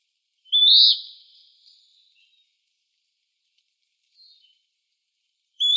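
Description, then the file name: Western wood-pewee giving one clear burry call that rises then slides down and fades, a faint note later, and another call starting at the end. Recorded in Arizona. "WEWP 5 A deviche"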